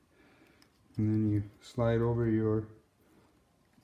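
A plastic connector lock shield is being handled onto a repinned ECU wiring connector while someone talks. A faint tick comes at 0.6 s, but the shield has not yet slid and locked into place, so nothing has seated or clicked yet.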